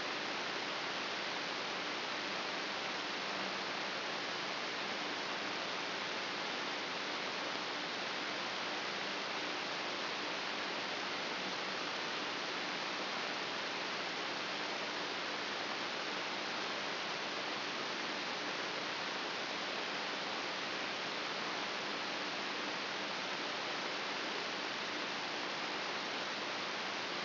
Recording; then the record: brain microelectrode recording played as sound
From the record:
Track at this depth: outside the subthalamic nucleus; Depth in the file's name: 5.02 mm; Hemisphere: left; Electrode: 3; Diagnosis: Parkinson's disease